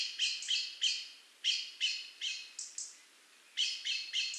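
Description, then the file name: Eurasian blackbird making strong, scratchy chack calls in a steady run, a brief lull, then three more quick notes. "Turdus merula"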